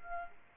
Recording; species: mosquito wingbeat signal from an infrared sensor; Aedes aegypti